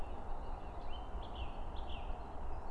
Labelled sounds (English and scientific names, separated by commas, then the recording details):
Song Thrush (Turdus philomelos)
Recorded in Germany
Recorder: ecoPi